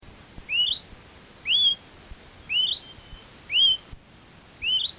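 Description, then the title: Smoke-colored Pewee giving sharp upslurred whistles, one roughly every second, five notes in a row with soft hiss between. Subspecies zarumae. "LuckyPassaro Completos2Sama. Smoke-colored Pewee (Contopus fumigatus zarumae)"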